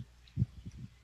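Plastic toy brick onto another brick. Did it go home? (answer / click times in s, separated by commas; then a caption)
no / none. A plastic toy brick is pressed onto another plastic building brick, heard close up. Only faint, quick taps and soft low thumps come through, with the loudest thump near 0.4 s. The bricks fail to click together, and nothing has seated or clicked yet.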